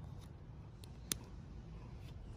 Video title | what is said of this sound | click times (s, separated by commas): Haunted Living animatronic Jumping Girl from Lowe’s Halloween 2023 : Unbox, Build, and Demo (2023) | all right you've got a nice click so we'll go there | 1.1 s